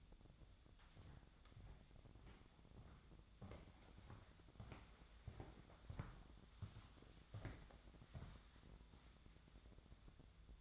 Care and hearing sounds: daily activity, microphone in the room; walk to room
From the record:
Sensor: 3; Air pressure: 999.9 hPa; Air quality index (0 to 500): 118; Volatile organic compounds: 2 ppm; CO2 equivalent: 1060 ppm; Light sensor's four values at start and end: 40/98/43/48 and 38/94/41/45

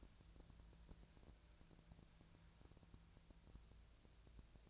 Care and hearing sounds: daily activity, microphone in the room; wipe stove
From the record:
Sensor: 2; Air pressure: 1000.4 hPa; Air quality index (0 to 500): 175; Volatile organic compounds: 3 ppm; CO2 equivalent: 1449 ppm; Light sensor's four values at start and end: 10/23/10/10 and 10/23/10/10

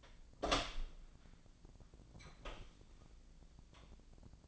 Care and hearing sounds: daily activity, microphone in the room; open door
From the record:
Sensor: 5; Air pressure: 1009.0 hPa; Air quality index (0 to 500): 164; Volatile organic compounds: 2 ppm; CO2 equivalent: 1251 ppm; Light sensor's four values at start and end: 141/332/142/153 and 141/332/142/154

